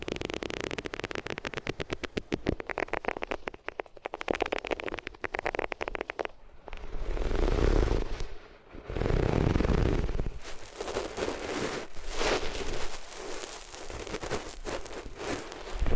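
Materials rubbed against ears make dense, rapid crackling and scratching during the first six seconds, packed with sharp clicks. Around seven to ten seconds come two deeper, smoother swells of muffled rubbing, then softer, brighter scraping continues in uneven strokes to the end.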